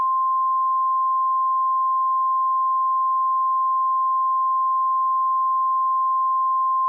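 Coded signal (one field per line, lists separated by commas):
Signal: Emergency Alert System (SAME) tones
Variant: 1050 Hz attention tone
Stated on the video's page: Fictional scenario: a blizzard emergency alert, with voice actors.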